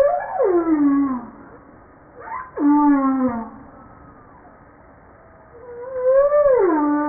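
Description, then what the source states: Humpback whale song units: descending moans sliding from mid pitch down to low, with rich harmonics, a short rising sweep between, then a rising-falling moan. 5 March 1994.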